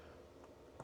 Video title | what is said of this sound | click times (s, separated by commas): 12v Lighting In An RV Ham Shack! | and shove it home. And you should hear it click when it gets in there. | 0.8 s